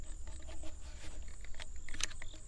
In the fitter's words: we're going to put it on there and we're going to push it on there until it clicks